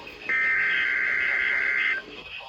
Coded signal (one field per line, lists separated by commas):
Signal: Emergency Alert System (SAME) tones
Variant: header bursts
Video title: (EAS #2,059 - #2,088) PI DAY CELLS - EAS Alerts from 3/14/25